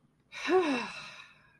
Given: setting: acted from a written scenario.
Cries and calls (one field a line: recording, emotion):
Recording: vocal sound without words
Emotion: ecstasy